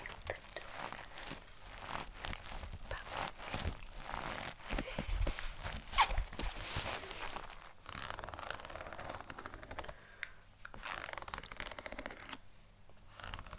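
Crisp handling sounds: rapid taps, clicks and papery crinkles, like packaging or cards being shuffled. The rustling thickens and peaks around the five-to-seven-second mark, then thins out, with brief near-silent pauses near ten and thirteen seconds.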